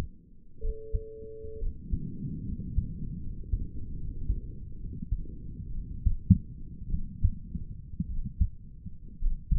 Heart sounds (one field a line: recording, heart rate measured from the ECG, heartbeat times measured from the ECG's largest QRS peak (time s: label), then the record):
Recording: heart sounds by stethoscope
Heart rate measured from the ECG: 63 bpm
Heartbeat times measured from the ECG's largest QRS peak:
0.63 s: heartbeat
1.61 s: heartbeat
2.46 s: heartbeat
3.22 s: heartbeat
3.99 s: heartbeat
4.81 s: heartbeat
5.74 s: heartbeat
6.92 s: heartbeat
8.09 s: heartbeat
9.21 s: heartbeat
From the record:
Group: healthy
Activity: rest 0-6 s, breath hold 6-10 s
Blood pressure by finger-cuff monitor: 114/55 mmHg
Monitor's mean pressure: 72 mmHg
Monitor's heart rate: 64 bpm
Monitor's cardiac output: 7.3 L/min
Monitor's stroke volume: 109 mL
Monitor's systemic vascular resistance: 730 dyn s/cm5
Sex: male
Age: 22 years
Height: 181 cm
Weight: 79 kg